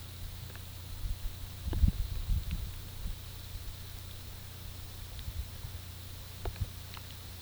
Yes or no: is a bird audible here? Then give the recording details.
no. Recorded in pastures near Puerto Asís, Putumayo, Colombia, on 18 February 2024 at 11:00. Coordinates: 0.486, -76.323. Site G6462